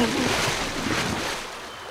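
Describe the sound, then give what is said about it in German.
Ferkel the piglet slips while crossing a river and falls into the shallow water: a splash, then a loud burst of sloshing that churns on for a couple of seconds and eases off slightly toward the end, with no voices. “Kaum hat Küken das ausgesprochen, da rutscht Ferkel auch schon aus.”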